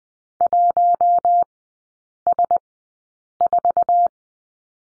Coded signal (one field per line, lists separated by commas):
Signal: Morse code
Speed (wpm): 20 wpm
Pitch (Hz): 700 Hz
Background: none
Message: 1S4